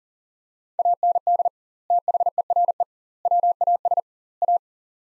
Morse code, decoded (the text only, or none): AND THERE WAS A